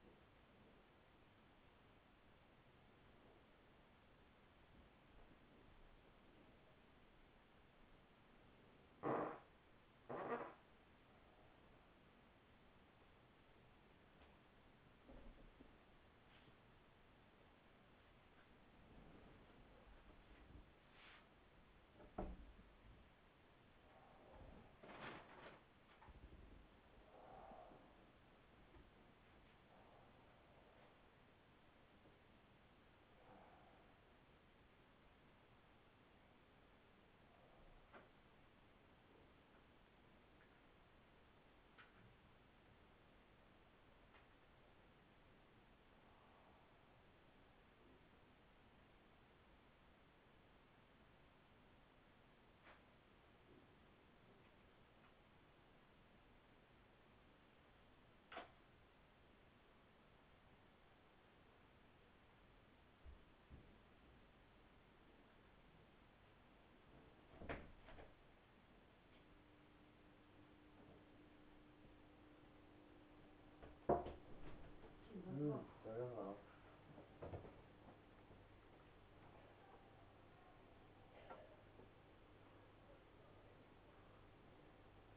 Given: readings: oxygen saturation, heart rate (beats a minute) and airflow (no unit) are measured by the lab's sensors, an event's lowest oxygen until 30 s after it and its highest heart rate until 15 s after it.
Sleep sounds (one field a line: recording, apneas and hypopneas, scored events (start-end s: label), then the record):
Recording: a person awake in a sleep study, by a voice recorder at the bedside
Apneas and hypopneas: none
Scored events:
0.00-85.16 s: awake
From the record:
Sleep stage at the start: awake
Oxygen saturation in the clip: 96 to 98%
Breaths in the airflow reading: 20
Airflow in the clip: -8.3 to 10.5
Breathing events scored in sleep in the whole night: 207 in 7.6 hours asleep